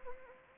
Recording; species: mosquito wingbeat signal from an infrared sensor; Anopheles arabiensis